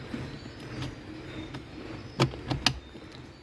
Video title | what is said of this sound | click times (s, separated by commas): How To Clean and Replace AC Filter In Maruti Suzuki Celerio | now we had the click sound now this cover is mounted back in now we can lo back the glow box | 2.7 s